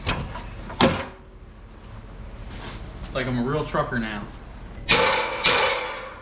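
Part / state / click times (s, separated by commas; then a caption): angle lock pin into the ATV plow pivot plate / seated / 0.8 s. A steel ATV plow blade is swung to a new angle, and its spring-loaded angle lock pin drops into the detent on the plow pivot plate with a sharp metallic snap at 0.8 s. Someone talks, and more metallic hits follow later. The lock pin seats and the blade locks into place.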